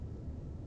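A RAM module is pushed with force into a motherboard DIMM slot over a steady low rumble, with only a faint tick near 0.7 s. The stick has not latched, and nothing has seated or clicked yet; the slot clips did not click.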